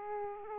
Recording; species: mosquito wingbeat signal from an infrared sensor; Aedes aegypti